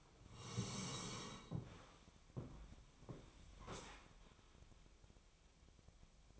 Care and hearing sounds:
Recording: daily activity, microphone in the room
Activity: sit down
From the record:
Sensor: 1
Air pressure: 1000.5 hPa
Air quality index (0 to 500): 174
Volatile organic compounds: 4 ppm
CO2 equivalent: 1612 ppm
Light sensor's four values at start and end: 13/30/13/14 and 13/31/13/15

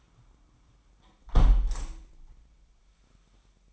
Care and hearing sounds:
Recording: daily activity, microphone in the room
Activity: close window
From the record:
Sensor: 1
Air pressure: 998.6 hPa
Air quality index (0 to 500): 132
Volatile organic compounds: 4 ppm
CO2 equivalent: 1585 ppm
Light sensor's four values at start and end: 9/22/9/11 and 9/22/9/11

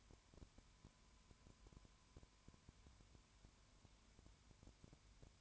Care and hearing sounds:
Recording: daily activity, microphone in the room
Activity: no activity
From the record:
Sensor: 2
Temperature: 20.0 degrees Celsius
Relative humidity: 32.0%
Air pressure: 1001.2 hPa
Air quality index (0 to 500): 55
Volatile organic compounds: 1 ppm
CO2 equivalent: 604 ppm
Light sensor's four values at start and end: 2/3/2/2 and 2/3/2/2

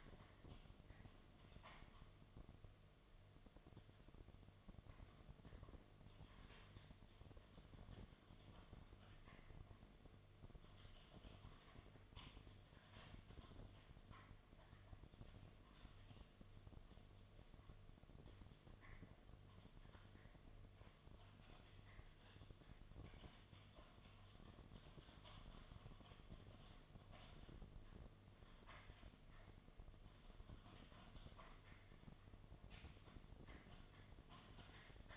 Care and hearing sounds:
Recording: daily activity, microphone in the room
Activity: typing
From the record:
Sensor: 4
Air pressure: 1005.2 hPa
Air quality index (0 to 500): 182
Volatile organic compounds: 5 ppm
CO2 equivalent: 1791 ppm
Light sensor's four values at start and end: 6/12/5/4 and 6/12/5/4

